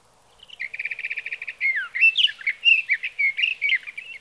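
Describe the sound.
Sage thrasher song: a fast rattling trill of repeated notes, then a long run of varied warbled, slurred phrases around mid-high pitch, continuous and hurried.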